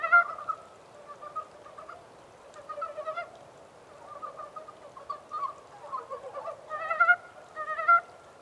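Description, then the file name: Montane brown frog croaking in quick, rattling clucks that come in bursts, with little other background sound. Recorded 14 April 2010. "yamaakagaeru-20100414"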